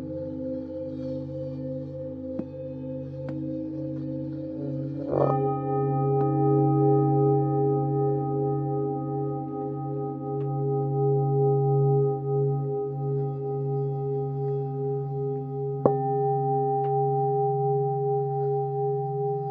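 Tibetan singing bowls hum with a steady, low ringing drone made of several sustained tones that pulse gently. Just past five seconds a new strike adds brighter ringing tones, and a faint tap sounds near sixteen seconds while the hum continues evenly throughout.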